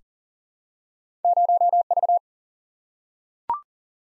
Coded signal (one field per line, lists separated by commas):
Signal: Morse code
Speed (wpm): 37 wpm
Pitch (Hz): 700 Hz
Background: none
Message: 0V